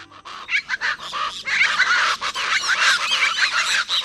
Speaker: The rhythmic guffaws you'd hear belong to a flock of chachalacas.